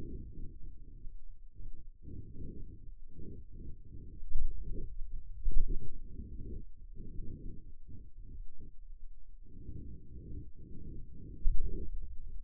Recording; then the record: forearm muscle sounds (acoustic myography)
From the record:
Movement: pen grasping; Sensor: system 2, bracelet of six BSWA MPA416 microphones around the upper forearm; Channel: 6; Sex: male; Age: 22 years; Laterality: right